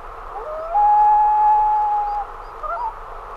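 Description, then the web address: Common loon giving a single long, steady whistled wail that rises into a held note for about one and a half seconds, followed by a short wavering note. "great northern loon"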